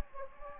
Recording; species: mosquito wingbeat signal from an infrared sensor; Anopheles gambiae